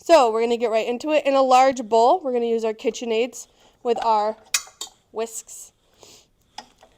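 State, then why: Seated. Someone talks while a whisk attachment is lined up on a KitchenAid stand mixer's beater shaft over a large bowl, then pressed up and turned. After the talk stops there are a few quiet handling knocks, and a short sharp click at 6.6 s marks the whisk locking in place.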